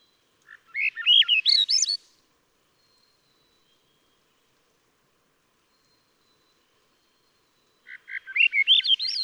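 Swainson's thrush song: two fluting, spiraling phrases that climb upward in pitch, separated by about six seconds of silence.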